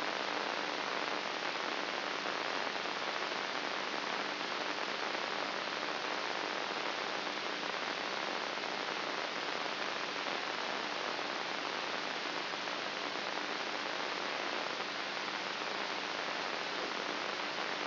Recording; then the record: brain microelectrode recording played as sound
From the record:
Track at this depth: inside the subthalamic nucleus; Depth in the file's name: 4.84 mm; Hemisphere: right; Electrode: 3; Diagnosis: Parkinson's disease